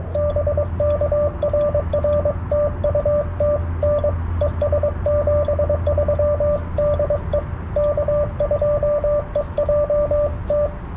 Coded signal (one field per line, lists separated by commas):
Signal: Morse code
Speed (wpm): 22 wpm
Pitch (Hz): 590 Hz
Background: radio noise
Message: BK RR TU TN ES 73 DE K2EJT